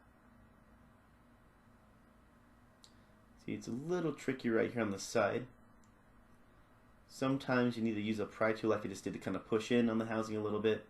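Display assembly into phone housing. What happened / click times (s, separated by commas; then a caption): The display assembly snapped into the housing / 2.8 s. An iPhone 5S display assembly is seated into its metal phone housing, top first and then clipped down along the sides, with a pry tool pushing in on the housing so the side clip snaps into place. A single sharp click is heard at 2.8 seconds as it seats, and then someone talks.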